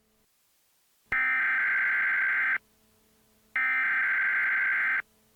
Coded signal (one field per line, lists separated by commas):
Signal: Emergency Alert System (SAME) tones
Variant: header bursts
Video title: EAS Scenario #1 - Nature's Wrath